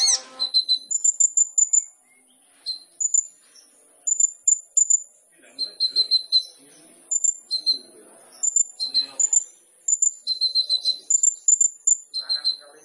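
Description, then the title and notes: Sunbird song: bursts of thin, very high chirps in short rapid clusters, with brief gaps between them throughout. Indonesian masteran training recording with full isian (fill phrases) and tembakan (shot phrases); kolibri ninja singing gacor (vigorously); meant as pancingan to provoke other birds into singing. "MASTERAN KOLIBRI NINJA TERBAIK FULL ISIAN DAN TEMBAKAN MEWAH COCOK BUAT PANCINGAN. Suara Burung Kolibri Ninja Gacor"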